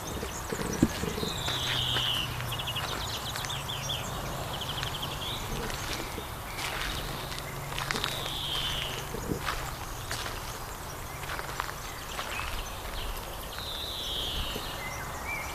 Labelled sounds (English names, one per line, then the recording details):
European Greenfinch song
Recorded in the wild
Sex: male
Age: adult
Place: Botanische Anlage Blankenfelde, Berlin, DE
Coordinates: 52.603, 13.4
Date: 1996-07-07 19:12
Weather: fair, 18°C
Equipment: Sony MD-WM MZ-R3, Sennheiser MKH 416 T, Kopie Uher 4000 Report Monitor
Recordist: Tembrock, Günter